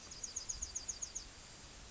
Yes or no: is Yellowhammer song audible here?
yes